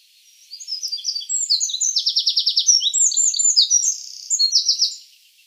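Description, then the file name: Eurasian wren song: a loud, high, rapid outpouring of sharp notes and buzzy trills lasting about four and a half seconds, rattling quickly with brief changes of pitch. "Troglodytes troglodytes"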